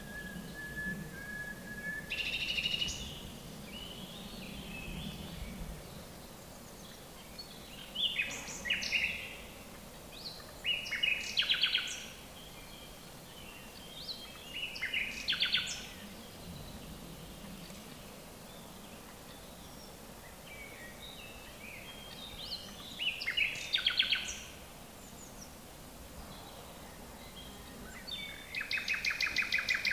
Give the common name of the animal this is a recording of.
Common Nightingale